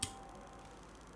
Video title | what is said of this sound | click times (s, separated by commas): Jak na rozborku a sborku Glock 17 gen4? VYSVĚTLENO! Rigad | the firing pin, it'll make a click sound, press the string, | 0.0 s